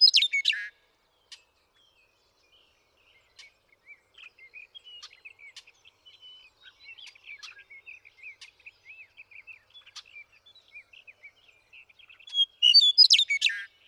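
Western meadowlark song, a burst of loud, descending whistled and gurgling notes at the start and again near the end, with softer scattered bird chirps in between.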